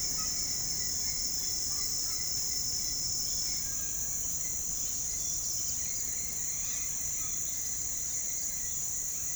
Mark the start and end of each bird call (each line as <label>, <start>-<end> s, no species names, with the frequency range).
bird call (0.5-2.9 kHz), 0.00-3.10 s